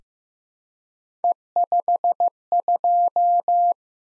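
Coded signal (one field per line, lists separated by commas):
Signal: Morse code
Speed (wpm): 15 wpm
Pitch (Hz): 700 Hz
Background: none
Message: E52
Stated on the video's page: Morse practice of random three-character letter and number groups at 15 wpm, for head copy.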